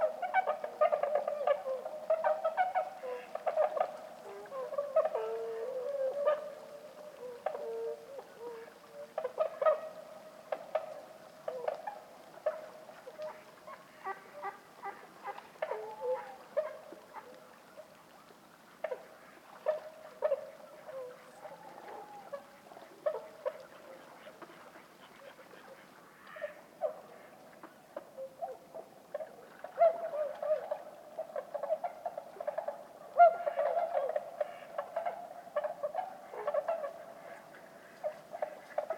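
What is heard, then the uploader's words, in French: Bewick's swans call and cry at their roost, a dense overlapping chorus of honking, nasal notes that never stops. The calls crowd together in a mid-pitched band, with busier stretches at the start and again after about thirty seconds. Rumeurs nocturnes de l'hiver - Lac du DER. Couple mkh20 - nagra seven. Cris et appels des Cygnes de Bewick (Cygnus bewicki) sur leur lieu de dortoir. Il est plus de deux heures du matin et le silence règne sur la campagne champenoise.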